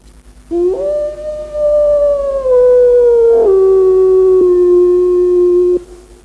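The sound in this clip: Wolf howl, one long drawn-out note that rises, holds, then steps down to a lower steady tone, about five seconds in all.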